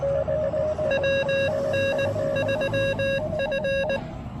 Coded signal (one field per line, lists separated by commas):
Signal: Morse code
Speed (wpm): 19 wpm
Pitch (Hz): 2750 Hz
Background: none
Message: WN3F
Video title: POTA at Yatesville Lake SP: Breaking up a seven hour road trip with some QRP field radio fun!